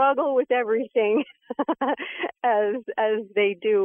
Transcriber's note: laughs